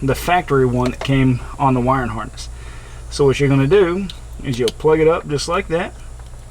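On a 2018 Ram, a wiring harness connector for an aux switch panel is being handled and lined up with the factory plug on the harness while someone talks over a low steady hum. Nothing has seated or clicked yet.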